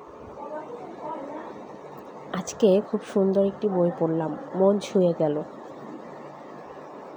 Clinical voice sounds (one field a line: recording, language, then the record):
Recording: elicited speech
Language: Bengali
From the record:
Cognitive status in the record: cognitively healthy